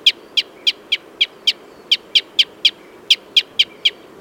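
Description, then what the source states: Red crossbill giving sharp, clipped kip notes, fourteen in quick runs of four to six with short pauses between, over a quiet background. Red crossbill of call type N.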